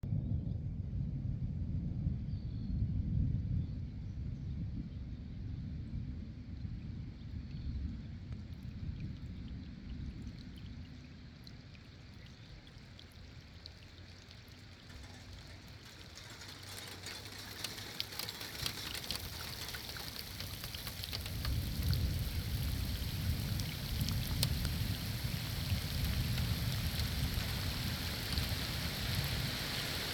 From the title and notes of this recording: A storm rolls in over a lake in Minnesota, dropping heavy rain, then hail. Rain falling on a lake.